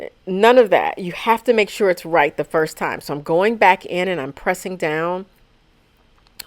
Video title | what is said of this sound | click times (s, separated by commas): Transforming A Thrifted Men's Blazer With Easy Upcycling Techniques - Thrift Flip | make sure you hear the click that's how you know you're done | 6.4 s